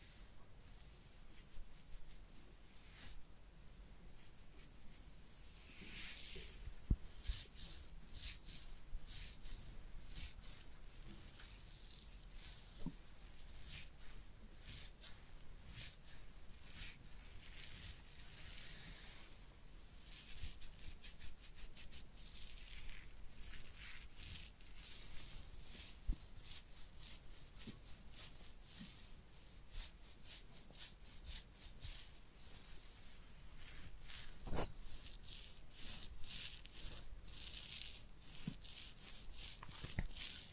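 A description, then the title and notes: A head massage with ear cleaning: dense scratching and rubbing sounds, bright and crisp, come in rapid irregular bursts throughout. Occasional sharper clicks and taps stand out, around 7, 13, 26 and 35 seconds, over a quiet background. ASMR Real Head Massage and Ear Cleaning (No Talking).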